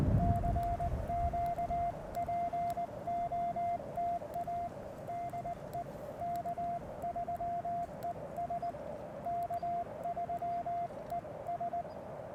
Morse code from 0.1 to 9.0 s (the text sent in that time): CQPOTA DE K3ES